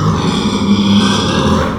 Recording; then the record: squeal of a Yucatan mini pig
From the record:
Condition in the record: after surgery on the right vocal fold (resection and tissue-engineered implant); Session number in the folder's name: 17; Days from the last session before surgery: 195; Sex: female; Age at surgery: 19 weeks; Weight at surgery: 25 kg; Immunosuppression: prednisolone